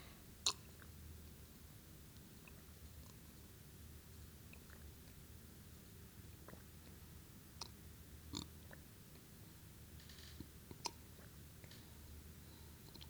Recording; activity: daily activity, guitar pickup as the sensor; drink water